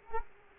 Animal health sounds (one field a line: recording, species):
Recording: mosquito wingbeat signal from an infrared sensor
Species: Culex quinquefasciatus